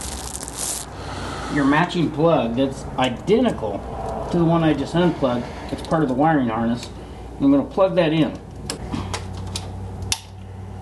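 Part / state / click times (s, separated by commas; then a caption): light kit harness plug into factory wiring connector / seated / 10.1 s. On a 2021 RZR XP 1000, the matching plug on a fang light and turn signal kit wiring harness, identical to the one just unplugged, is pushed into the vehicle's factory wiring connector while someone talks. A few short plastic taps come near 8.7, 9.2 and 9.6 seconds, then a sharp latching click at 10.1 seconds as the connector seats.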